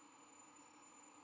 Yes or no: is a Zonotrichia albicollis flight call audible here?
no